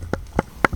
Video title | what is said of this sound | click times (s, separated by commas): HOW TO CONNECT SONY HX750 TV REVIEW PT2 | And then just right here, just push it in. You hear that click? | 0.6 s